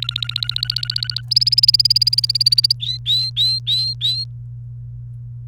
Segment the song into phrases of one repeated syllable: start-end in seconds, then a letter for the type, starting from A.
0.02-1.21 A, 1.31-2.72 B, 2.80-4.24 C